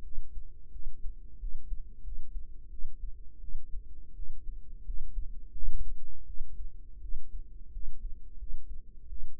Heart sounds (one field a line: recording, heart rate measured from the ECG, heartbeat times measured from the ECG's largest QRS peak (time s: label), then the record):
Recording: heart sounds by microphone in the right ear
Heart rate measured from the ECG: 86 bpm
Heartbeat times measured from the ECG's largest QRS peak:
0.02 s: heartbeat
0.71 s: heartbeat
1.39 s: heartbeat
2.02 s: heartbeat
2.69 s: heartbeat
3.39 s: heartbeat
4.14 s: heartbeat
4.84 s: heartbeat
5.52 s: heartbeat
6.25 s: heartbeat
7.00 s: heartbeat
7.71 s: heartbeat
8.37 s: heartbeat
9.08 s: heartbeat
From the record:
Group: healthy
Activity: rest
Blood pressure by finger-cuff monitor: 105/68 mmHg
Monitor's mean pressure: 78 mmHg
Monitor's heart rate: 86 bpm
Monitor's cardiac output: 6.8 L/min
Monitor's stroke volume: 79 mL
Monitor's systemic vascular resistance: 840 dyn s/cm5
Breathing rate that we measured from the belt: 20 breaths a minute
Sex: female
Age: 19 years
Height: 163 cm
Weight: 48.9 kg